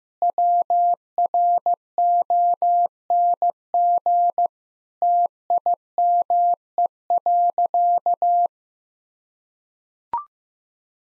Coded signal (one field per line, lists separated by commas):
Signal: Morse code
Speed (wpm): 15 wpm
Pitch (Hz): 700 Hz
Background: none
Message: WRONG TIME.